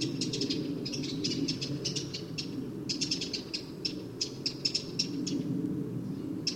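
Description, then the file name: Eurasian wren calls: rapid dry ticking notes in quick bursts, high-pitched and clicking, over a steady low rushing background sound. "Troglodytes troglodytes"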